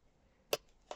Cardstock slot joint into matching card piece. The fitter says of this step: But once they do start going in you can almost hear them sort of click into